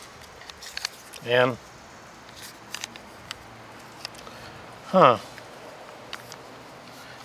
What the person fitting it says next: it doesn't lock in there